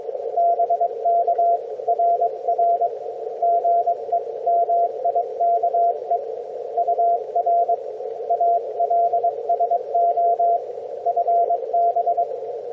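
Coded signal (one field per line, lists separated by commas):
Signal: Morse code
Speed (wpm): 18 wpm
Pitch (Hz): 690 Hz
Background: radio noise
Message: BK RR GE MIKE UR ALSO FB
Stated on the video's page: Heard on a homebrew LowFER mobile receiver with an active whip antenna, mobile, on a cold, quiet band.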